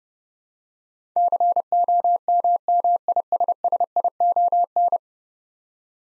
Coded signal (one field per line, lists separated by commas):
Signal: Morse code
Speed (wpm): 30 wpm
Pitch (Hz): 700 Hz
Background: none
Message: COMMISSION